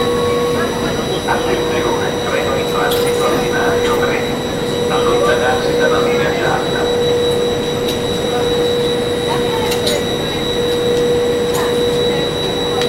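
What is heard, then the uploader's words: Railroad ambiance: a constant low rumble lies under a steady, unbroken whine that holds one pitch throughout. Scattered murmuring voices and short clanks and clicks come and go, busiest around the third, sixth and tenth seconds, while the overall loudness stays level. Railroad Ambiance.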